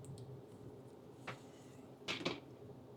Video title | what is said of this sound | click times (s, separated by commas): Off-Grid Internet: Testing Starlink’s DC Power Supply on My 48V Battery Bank | And it snaps into place. | 2.3 s